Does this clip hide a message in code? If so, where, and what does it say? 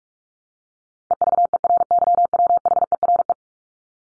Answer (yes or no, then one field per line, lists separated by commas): yes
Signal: Morse code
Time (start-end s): 1.1-3.3 s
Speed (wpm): 44 wpm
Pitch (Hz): 700 Hz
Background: none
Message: EVERYWHERE